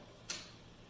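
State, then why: Seated. The Allen adjuster on the stationary pad of a bicycle mechanical disc brake caliper is turned one click out to back off the pad, which was rubbing slightly. A single short, sharp tick sounds at 0.3 s against a quiet background as the adjuster clicks into its next detent.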